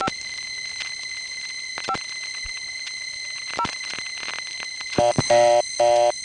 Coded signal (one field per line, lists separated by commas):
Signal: DTMF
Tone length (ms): 70 ms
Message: 5 5 0